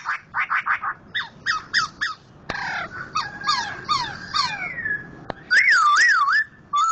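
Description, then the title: Laughingthrush song: rapid harmonic notes, descending slurred phrases, then a loud wavering whistle rising and falling, with a sharp click. Loud-voiced national champion contest bird, in persistent vigorous song (gacor). "Poksay Jambul Sumatra Suara Keras Juara Nasional. Poksay Hongkong gacor mantab (Gathutkaca)"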